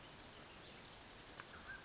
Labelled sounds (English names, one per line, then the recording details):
Mountain Quail
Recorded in Sonoma County, California